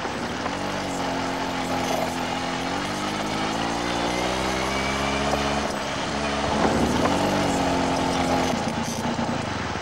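In the rain, an old Sicher-brand moped engine is started and buzzes steadily with a harmonic drone, briefly revving and wavering in pitch partway through before settling back into an even, loud idle.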